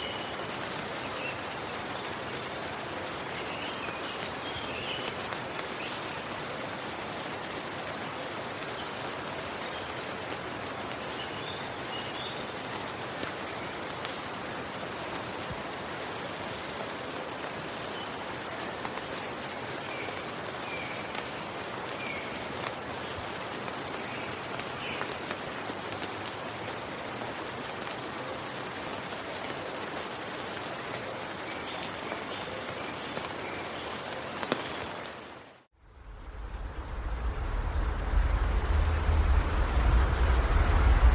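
Steady, dense rain patters evenly for about thirty-five seconds, then cuts briefly to silence before a louder, deeper rush of rain resumes.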